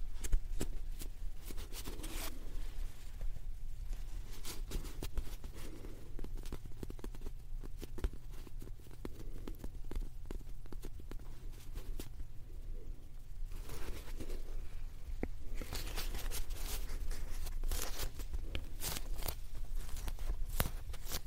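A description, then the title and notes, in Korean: Soft, squishy fluffy sounds made of dense, rapid pats and crackles run nonstop under a low, steady rumble. The rustling grows brighter and busier around two seconds, again from about thirteen to sixteen seconds, and near the end, with a tapping, step-like rhythm throughout. ASMR 폭신 폭신 소리!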